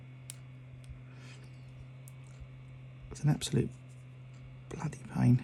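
A pin pushed in at the base of the resin case of a 1992 Casio CMD-10 digital watch flicks over the small plastic clip that holds the module, giving a sharp little click at 0.3 s, followed by fainter ticks. The retaining clip flicks open and the module is released, and then someone talks.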